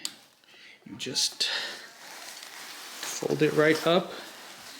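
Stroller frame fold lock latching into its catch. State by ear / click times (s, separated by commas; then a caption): not seated / none. Someone talks while folding the metal frame of a Summer 3Dmini umbrella stroller closed, with brief handling rustles and a few light taps. The fold lock has not yet snapped into its catch, so nothing has clicked shut by the end.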